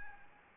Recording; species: mosquito wingbeat signal from an infrared sensor; Anopheles gambiae